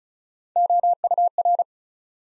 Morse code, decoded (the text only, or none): OUR